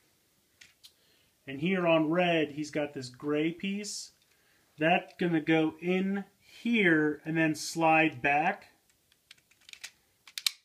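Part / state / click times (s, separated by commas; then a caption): plastic piece into toy train car / seated / 10.4 s, 10.5 s. A gray plastic piece is inserted into the red train car of a toy robot and slid back until it locks. Someone talks, then a few faint taps follow, and sharp clicks at 10.4 and 10.5 seconds mark the piece clicking into place, seated.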